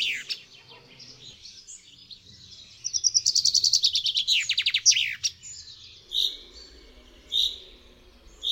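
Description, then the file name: Common chaffinch song: a fast descending trill of bright notes ending in a flourish, followed by a few separate high chirps. "ZIEBA"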